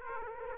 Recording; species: mosquito wingbeat signal from an infrared sensor; Aedes aegypti